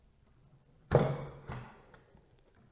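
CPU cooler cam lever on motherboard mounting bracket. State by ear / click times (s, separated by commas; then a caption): seated / 1.0 s. The plastic cam lever on the retention clip of an AMD Wraith PRISM CPU cooler is swung all the way over on the motherboard mounting bracket, clamping the cooler onto the CPU. It locks with a sharp snap at 0.9 s that rings out and decays, followed by two fainter ticks at 1.5 s and 1.9 s. The lever is locked into place and the cooler is secure.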